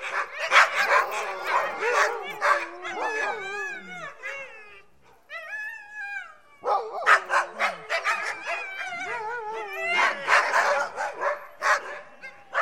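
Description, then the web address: Husky: huskies barking and yelping excitedly, a wavering howl-like whine rising alone midway after a short pause, then the whole pack bursts back in with rapid barks. A pack of several dogs barking together. "suono branco di cani che abbaia husky"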